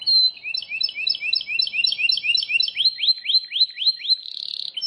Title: Ciblek Sawah